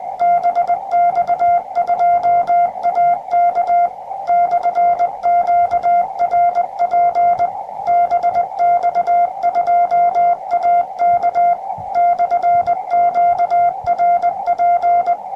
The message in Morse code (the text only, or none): BX2AK/QRP BX2AK/QRP